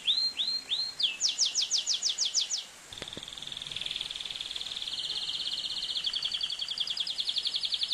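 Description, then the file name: Atlantic canary song with a few curved whistles, a run of quick descending sweeps, a brief pause and click, then a long even rapid trill. "canto do canario do reino"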